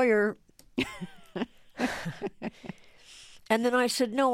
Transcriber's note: laughter